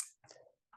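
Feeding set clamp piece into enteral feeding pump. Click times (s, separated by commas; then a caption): 0.0 s. A plastic enteral feeding set's clamp piece, smooth side first, is inserted at about a 30 degree angle into the slot of an Amika+ enteral feeding pump, since the angle helps it click. A sharp bright click sounds at 0.0 s, followed by softer handling rattles and a short muffled knock near the end. The cassette is seated in the pump.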